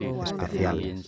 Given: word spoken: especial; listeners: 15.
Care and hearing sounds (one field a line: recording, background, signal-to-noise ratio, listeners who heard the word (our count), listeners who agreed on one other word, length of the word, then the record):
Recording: one Spanish word in noise, from a listening test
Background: four-talker babble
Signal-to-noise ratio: 0.8 dB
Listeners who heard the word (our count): 3 of 15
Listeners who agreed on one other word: 7 of 15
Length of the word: 0.68 s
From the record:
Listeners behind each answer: 7, 3, 2, 1, 1, 1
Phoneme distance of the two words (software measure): 10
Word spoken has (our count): 3 syllables, 8 phonemes, stress on syllable 3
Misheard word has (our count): 3 syllables, 8 phonemes, stress on syllable 3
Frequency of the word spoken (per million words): 193.09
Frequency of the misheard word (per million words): 25.09